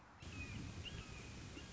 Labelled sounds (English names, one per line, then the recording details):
Red-shouldered Hawk
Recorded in Sonoma County, California